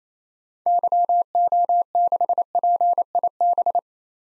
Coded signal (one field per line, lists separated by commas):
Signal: Morse code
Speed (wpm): 28 wpm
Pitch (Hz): 700 Hz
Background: none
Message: YO6PIB